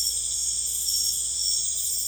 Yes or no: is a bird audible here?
no